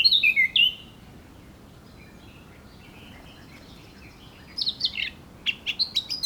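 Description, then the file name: Eurasian blackcap chirping song, a few clear notes opening, faint twittering in between, then sharp repeated high notes closing the passage. "Sylvia atricapilla"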